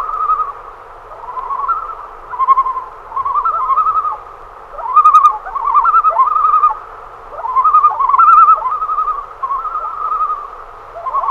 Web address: great northern loon